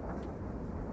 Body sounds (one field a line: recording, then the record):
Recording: background sound without coughing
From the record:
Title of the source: Train Ride Ambience ambient white noise for sleeping, focus, studying, reading